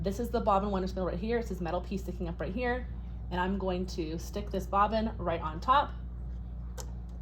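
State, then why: Seated. An empty bobbin is pressed down onto the metal bobbin winder spindle of a sewing machine while someone talks. A short, sharp snap is heard at 6.8 s as the bobbin seats on the spindle and stays firmly in place.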